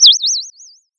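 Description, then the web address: Bird giving one high, wavering warbled chirp that rises and falls several times in under a second, fading toward the end, with silence around it. Bird tweeting nicely. "Sound of a bird tweeting nicely"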